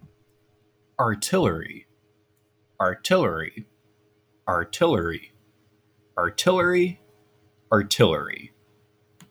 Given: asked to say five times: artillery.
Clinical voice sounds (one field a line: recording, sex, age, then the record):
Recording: repeated word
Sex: male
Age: 20 to 29 years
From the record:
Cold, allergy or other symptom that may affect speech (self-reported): no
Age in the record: 20 years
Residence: Texas, United States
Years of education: 14